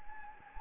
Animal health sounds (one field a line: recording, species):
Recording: mosquito wingbeat signal from an infrared sensor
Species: Anopheles gambiae